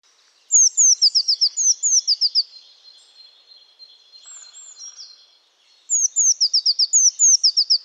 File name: Cyanistes caeruleus